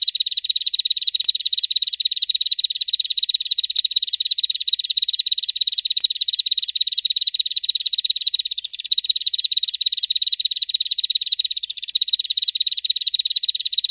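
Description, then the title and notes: Bar-winged prinia song, a long, relentless high trill of rapid pulsed notes with only tiny hitches, nothing else audible. Local name ciblek; ngebren song style; used as a tutor recording for training white-rumped shama (murai batu). "Ciblek Ngebren Untuk Masteran Murai Batu. Suara burung ciblek"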